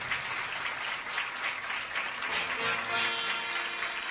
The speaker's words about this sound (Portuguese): Católicos, protestantes, espíritas, e eles merecem a nossa salva de palmas.